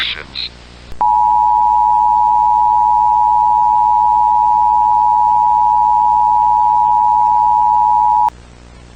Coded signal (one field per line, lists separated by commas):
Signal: Emergency Alert System (SAME) tones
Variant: 853 and 960 Hz attention tone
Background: speech